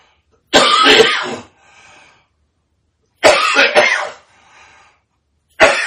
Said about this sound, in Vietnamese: Khi uống trà nó nóng quá, cái bao tử nó tràn lên là nó ho. Đáng đi, trong nó đẩy cái đàm cái gì lên cái cổ mình mà.